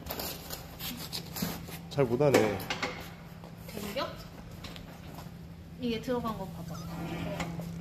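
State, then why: Not seated. An ATV snow plow mount is pushed into its steel front bracket while someone talks, with scattered short knocks and bumps throughout. The mount fails to latch, and nothing has clicked into place yet.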